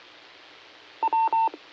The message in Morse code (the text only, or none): none